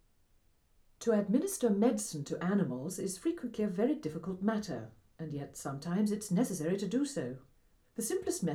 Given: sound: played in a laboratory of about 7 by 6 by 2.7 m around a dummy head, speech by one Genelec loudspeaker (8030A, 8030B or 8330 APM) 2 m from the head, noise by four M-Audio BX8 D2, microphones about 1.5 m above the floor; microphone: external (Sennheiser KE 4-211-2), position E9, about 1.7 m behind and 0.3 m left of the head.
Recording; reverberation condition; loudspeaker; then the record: female speech in English; low; 150 degrees to the right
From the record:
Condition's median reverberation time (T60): about 310 ms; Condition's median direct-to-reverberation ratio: about 3.5 dB